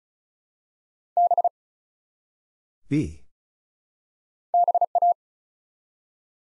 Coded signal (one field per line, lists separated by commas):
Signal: Morse code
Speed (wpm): 36 wpm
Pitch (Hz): 700 Hz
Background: none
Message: B BA